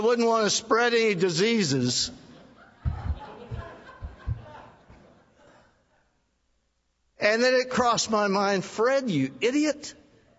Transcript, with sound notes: I wouldn't want to spread any diseases." (Laughter) And then it crossed my mind, Fred, you idiot,